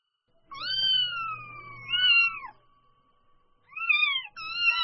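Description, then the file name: Domestic cat: kitten mewing: a long, thin, slowly falling cry lasting about two seconds, a brief pause, then two shorter high mews. Newborn kitten calling. "Tieng meo con moi de keu"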